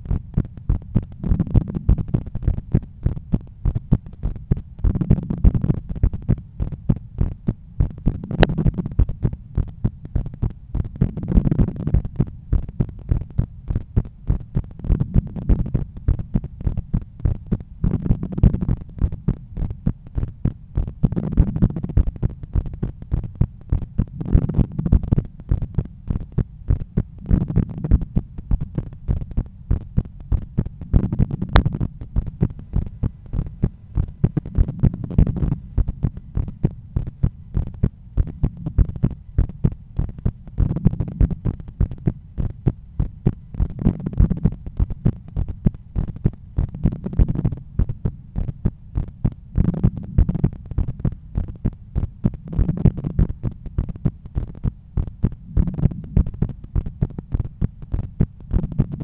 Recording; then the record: heart sounds by stethoscope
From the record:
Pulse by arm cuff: 100 bpm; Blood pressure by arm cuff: 138/85 mmHg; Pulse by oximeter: 100 bpm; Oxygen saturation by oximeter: 96%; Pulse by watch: 101 bpm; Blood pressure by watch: 129/85 mmHg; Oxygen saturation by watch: 89%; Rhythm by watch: sinus rhythm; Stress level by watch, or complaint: medium stress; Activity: after 5 min smoking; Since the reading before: plus 500 steps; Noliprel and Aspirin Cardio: after pills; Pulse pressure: 53 mmHg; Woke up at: 7:20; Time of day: 17:57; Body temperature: 36.3 C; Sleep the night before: 8 h 11 min, score 61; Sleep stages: REM 22%, light 68%, deep 3%, awake 7%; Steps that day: 9500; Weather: sunny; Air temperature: 25.9 C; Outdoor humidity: 61%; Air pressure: 1015 hPa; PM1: 8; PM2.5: 12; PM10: 12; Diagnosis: hypertension, treated with Noliprel and Aspirin Cardio 100 mg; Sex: male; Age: 53 years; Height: 174 cm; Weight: 81 kg